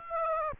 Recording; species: mosquito wingbeat signal from an infrared sensor; Aedes aegypti